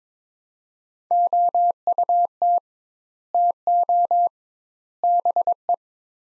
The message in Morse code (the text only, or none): OUT TO BE